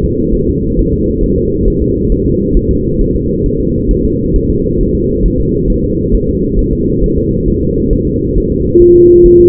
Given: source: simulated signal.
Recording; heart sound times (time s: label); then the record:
fetal heart sounds
0.04 s: S2
0.35 s: S1
0.49 s: S2
0.79 s: S1
0.93 s: S2
1.24 s: S1
1.38 s: S2
1.68 s: S1
1.82 s: S2
2.12 s: S1
2.26 s: S2
2.57 s: S1
2.71 s: S2
3.01 s: S1
3.16 s: S2
3.46 s: S1
3.60 s: S2
3.91 s: S1
4.05 s: S2
4.36 s: S1
4.50 s: S2
4.81 s: S1
4.95 s: S2
5.25 s: S1
5.40 s: S2
5.70 s: S1
5.84 s: S2
6.15 s: S1
6.29 s: S2
6.59 s: S1
6.73 s: S2
7.04 s: S1
7.18 s: S2
7.48 s: S1
7.62 s: S2
7.93 s: S1
8.07 s: S2
8.38 s: S1
8.52 s: S2
8.82 s: S1
8.96 s: S2
9.26 s: S1
9.40 s: S2
From the record:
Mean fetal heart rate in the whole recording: 135 bpm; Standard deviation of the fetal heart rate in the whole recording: 3 bpm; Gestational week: 36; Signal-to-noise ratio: -14.7 dB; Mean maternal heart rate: 72 bpm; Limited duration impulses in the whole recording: present